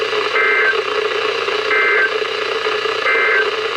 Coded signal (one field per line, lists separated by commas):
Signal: Emergency Alert System (SAME) tones